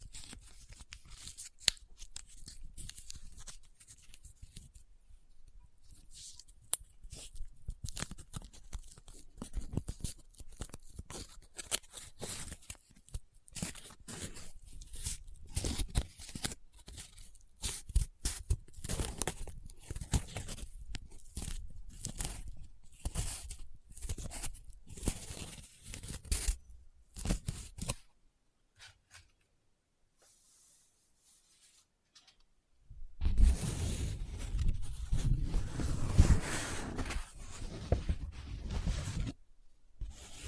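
Paper is handled up close, with dense crackling crinkles and scratchy folds running steadily for most of the first half minute. A near-silent pause follows around 28 seconds, then louder, fuller rubbing and crumpling resumes from about 33 seconds to the end.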